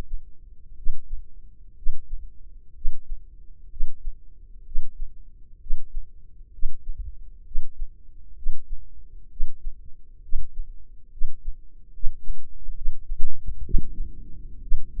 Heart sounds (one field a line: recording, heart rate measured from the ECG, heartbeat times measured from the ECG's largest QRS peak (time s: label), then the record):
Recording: heart sounds by microphone in the left ear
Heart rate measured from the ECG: 65 bpm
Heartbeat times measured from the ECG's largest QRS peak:
0.75 s: heartbeat
1.75 s: heartbeat
2.74 s: heartbeat
3.69 s: heartbeat
4.64 s: heartbeat
5.59 s: heartbeat
6.51 s: heartbeat
7.44 s: heartbeat
8.35 s: heartbeat
9.29 s: heartbeat
10.21 s: heartbeat
11.10 s: heartbeat
11.92 s: heartbeat
12.74 s: heartbeat
13.63 s: heartbeat
14.60 s: heartbeat
From the record:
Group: healthy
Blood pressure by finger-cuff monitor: 99/52 mmHg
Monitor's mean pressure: 66 mmHg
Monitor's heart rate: 64 bpm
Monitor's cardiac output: 6.1 L/min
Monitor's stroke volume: 95 mL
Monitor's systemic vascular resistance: 730 dyn s/cm5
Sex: female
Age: 22 years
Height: 157 cm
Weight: 47.6 kg